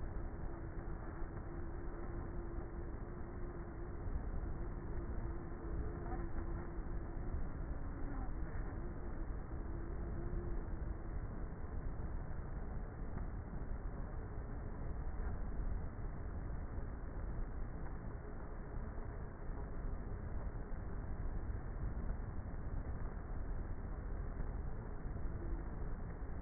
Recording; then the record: honeybee colony, microphone inside the hive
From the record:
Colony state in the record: queenless with a low population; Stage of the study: before two queens were removed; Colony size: about 30,000 bees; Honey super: no